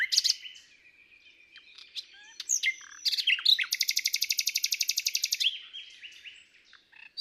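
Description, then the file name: Common nightingale singing: scattered whistles and chirps, then a long, fast trill of many identical notes. "Luscinia megarhynchos"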